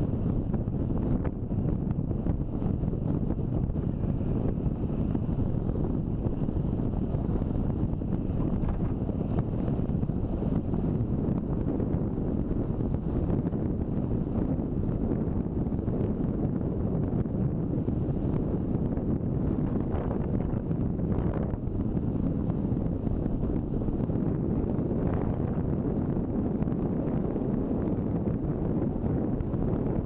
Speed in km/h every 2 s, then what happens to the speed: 24, 21, 20, 25, 29, 29, 30, 30, 30, 29, 30, 31, 32, 32, 32.
0-5 steady at about 21. 5-9 speeds up to 29. 9-30 steady at about 30.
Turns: none.